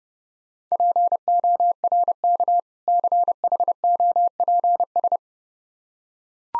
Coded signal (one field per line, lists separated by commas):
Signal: Morse code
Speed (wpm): 30 wpm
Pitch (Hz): 700 Hz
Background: none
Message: PORK CHOPS